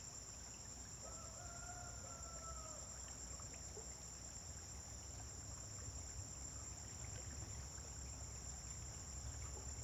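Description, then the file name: A high, constant cricket trill continues throughout; early on a faint drawn-out call sounds, with a low rumble below. Recorded at dawn on a farm, with vehicles passing on a distant road. "Amanhecer na fazenda com grilos veiculos passando em estrada longe"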